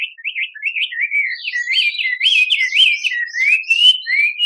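Bird singing a continuous, fluid warble of rising and falling whistles mixed with buzzy, scratchy notes throughout.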